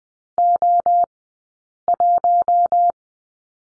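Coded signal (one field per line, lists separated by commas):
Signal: Morse code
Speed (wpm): 20 wpm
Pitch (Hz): 700 Hz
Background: none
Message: O 1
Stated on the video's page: Morse lesson on the number 1 in two-character groups, Farnsworth spacing 20/10 wpm.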